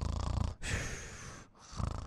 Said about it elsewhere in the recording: The people who snore because their tongue is weak and is falling back in their mouth. You snore and then you start to like stop snoring, and then you're not breathing, and then after a couple seconds. The apnea-like snore where you're choking because your tongue has fallen back in your throat.